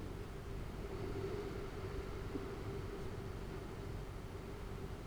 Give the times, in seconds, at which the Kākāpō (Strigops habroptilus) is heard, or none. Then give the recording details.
none. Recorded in New Zealand. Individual Arab